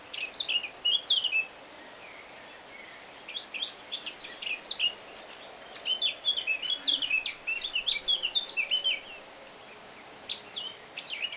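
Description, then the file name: Eurasian blackcap song, several separate bursts of fast, scratchy and fluty warbled notes with short pauses between them. "Sylvia atricapilla"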